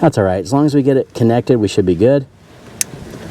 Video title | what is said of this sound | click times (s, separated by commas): 2003 - 2008 Toyota Matrix / Corolla / Pontiac Vibe - Remove Repair Replace Cracked Exhaust Manifold! | nice little click and we'll just set it right there where it goes now I could always just grab a zip tie but | 2.8 s